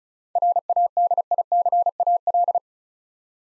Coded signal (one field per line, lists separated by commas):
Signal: Morse code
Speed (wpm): 36 wpm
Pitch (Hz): 700 Hz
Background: none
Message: RADICAL